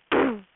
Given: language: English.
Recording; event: throat vibration sensor signal played as sound; throat clearing